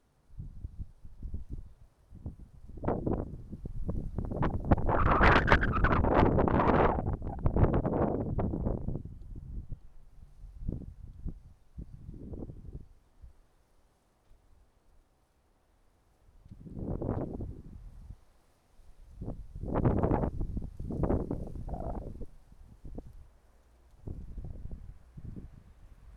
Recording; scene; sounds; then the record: everyday scene through a hearing-aid microphone; wind on the microphone; wind, traffic, birds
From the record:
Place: suburban garden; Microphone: behind the ear, right, rear